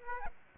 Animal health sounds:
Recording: mosquito wingbeat signal from an infrared sensor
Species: Aedes aegypti

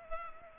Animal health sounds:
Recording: mosquito wingbeat signal from an infrared sensor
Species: Culex pipiens

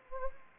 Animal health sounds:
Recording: mosquito wingbeat signal from an infrared sensor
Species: Anopheles gambiae

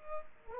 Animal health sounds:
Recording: mosquito wingbeat signal from an infrared sensor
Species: Culex pipiens

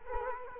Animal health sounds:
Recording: mosquito wingbeat signal from an infrared sensor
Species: Culex quinquefasciatus

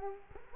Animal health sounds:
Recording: mosquito wingbeat signal from an infrared sensor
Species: Culex quinquefasciatus

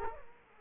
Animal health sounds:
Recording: mosquito wingbeat signal from an infrared sensor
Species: Culex quinquefasciatus

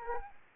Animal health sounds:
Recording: mosquito wingbeat signal from an infrared sensor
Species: Anopheles arabiensis

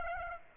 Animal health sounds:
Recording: mosquito wingbeat signal from an infrared sensor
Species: Aedes aegypti

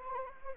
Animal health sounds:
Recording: mosquito wingbeat signal from an infrared sensor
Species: Anopheles arabiensis

